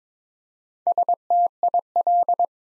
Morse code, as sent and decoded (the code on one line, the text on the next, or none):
... - .. .-..
STIL